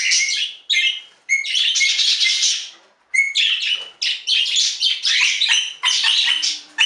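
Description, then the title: Budgerigar chattering warble: scratchy, buzzy bursts mixed with short whistled notes, broken by brief pauses near one and three seconds. "Budgie Sounds"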